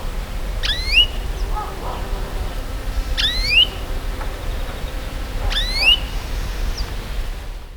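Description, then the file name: European greenfinch calls: three bright, branching notes about two and a half seconds apart, over a steady low rumble. "Chloris chloris"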